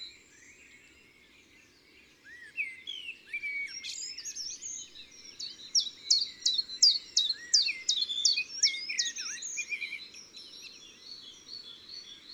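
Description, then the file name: Common chiffchaff delivering a chain of crisp, evenly spaced notes over about five seconds, other birds calling softly in the background. Recorded in woods and forests. "Pouillot veloce Chants doiseaux des bois et des forets"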